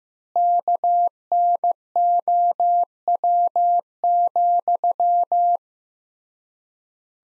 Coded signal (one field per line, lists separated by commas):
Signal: Morse code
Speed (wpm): 15 wpm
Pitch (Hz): 700 Hz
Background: none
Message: KNOW,